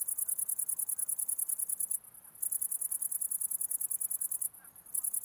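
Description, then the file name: Cricket chirping, a rapid high pulsed trill repeated steadily, breaking off briefly twice before resuming. Recorded 11 August 2009; several crickets. "20090811 crickets"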